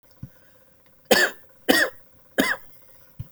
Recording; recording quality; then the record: shallow voluntary cough; excellent, no background noise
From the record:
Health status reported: healthy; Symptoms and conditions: cough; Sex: male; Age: 28 years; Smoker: no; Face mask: not worn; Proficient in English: yes